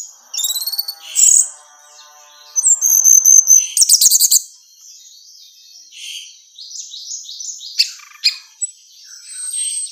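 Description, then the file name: Orange-headed thrush producing varied whistles, a loud buzzy rattling burst, then scattered squeaky chirps over a continuous high background tone. Female bird. "suara burung anis merah betina"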